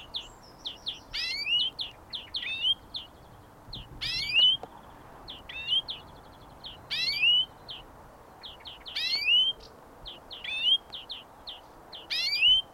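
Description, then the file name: European greenfinch song: bright repeated chirping notes, each phrase topped by a strong nasal buzzing wheeze, recurring roughly every one to two seconds. "European Greenfinch Chloris chloris"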